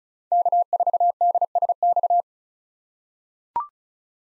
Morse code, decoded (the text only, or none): K4DSX